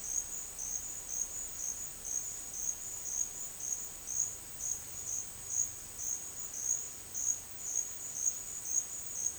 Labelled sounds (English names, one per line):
none